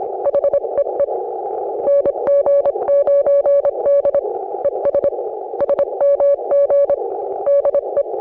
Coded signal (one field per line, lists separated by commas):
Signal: Morse code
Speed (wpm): 25 wpm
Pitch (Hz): 560 Hz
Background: none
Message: HEE NG9D ES SMG DE